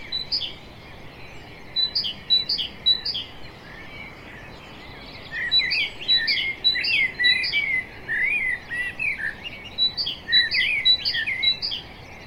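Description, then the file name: Common blackbird singing, with bursts of warbled and twittering notes in repeated phrases, including high, thin repeated notes, over a steady background hiss. "Turdus merula"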